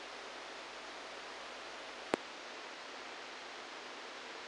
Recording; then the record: brain microelectrode recording played as sound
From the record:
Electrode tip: inside the subthalamic nucleus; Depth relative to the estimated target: 0 mm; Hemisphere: right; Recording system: NeuroSet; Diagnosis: Parkinson's disease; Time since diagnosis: 10 years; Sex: male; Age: 63 years